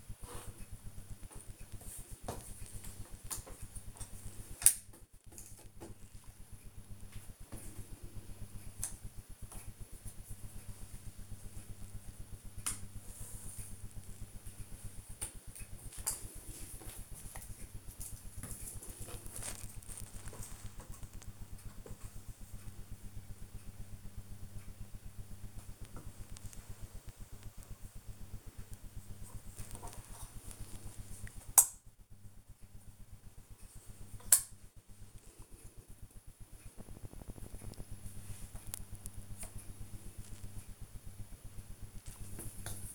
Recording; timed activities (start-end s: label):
household activities, microphone on the right wrist
0.00-20.00 s: doing a puzzle
21.02-42.94 s: doing a puzzle